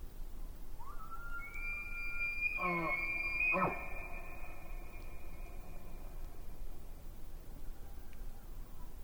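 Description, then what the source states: Elk bugling, a rising squeal that climbs and holds as a long, piercing whistle for several seconds, punctuated by two coarse grunts midway, over steady low-frequency rumble. During the rut at Yellowstone Lake, 13 September 2016.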